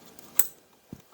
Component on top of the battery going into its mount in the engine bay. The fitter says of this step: in and locking it